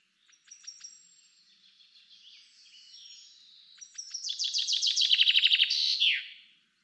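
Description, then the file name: Common chaffinch song: a few high chips and thin notes, then a loud rapid series of notes ending in a quick flourish. "Fringilla coelebs"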